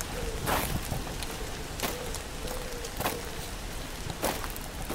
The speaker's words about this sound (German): Leider regnet es momentan noch ziemlich heftig, aber laut Vorhersage soll das später besser werden.